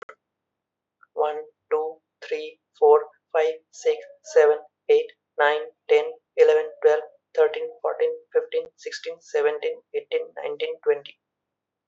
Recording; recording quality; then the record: counting at a normal pace; excellent, no background noise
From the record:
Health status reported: exposed to COVID-19, no respiratory illness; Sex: male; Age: 29 years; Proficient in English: yes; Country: India